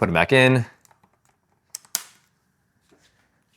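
Someone talks briefly, then a Neewer NP-F750 camera battery is put back onto the battery plate of an LED light panel and locked in place. A sharp tick at 1.8 s is followed by a louder, sharp click at 2.0 s as the battery seats. Faint handling noises follow.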